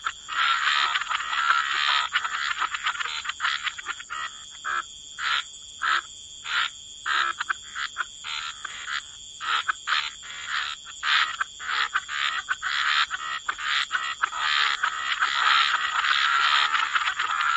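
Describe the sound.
Frog chorus, thick croaking at first, thinning to spaced rhythmic bursts, then swelling again, above a constant high hum.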